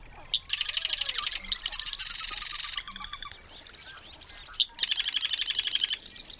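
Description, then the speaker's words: Marsh wren singing rapid buzzy rattling trills in three bursts. Sitting atop a cattail in a North Dakota wetland. "Lang Elliott recorded this marsh wren sitting atop a cattail in a North Dakota wetland."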